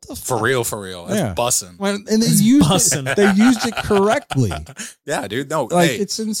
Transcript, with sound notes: - For real, for real. That's bussing. - And it's you. - Bussing. - (laughs) They used it correctly. - Yeah, dude, no. - It's insane.